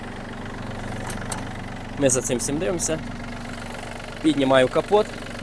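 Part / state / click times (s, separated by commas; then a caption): engine hood on its hold-open latch / not seated / none. The engine hood of a Yanmar RS-27 mini tractor is being lifted toward its hold-open latch while the engine idles steadily and someone talks, with a brief sharp sound near 1.3 s. Nothing has seated or clicked yet; the hood is still being handled when the clip ends.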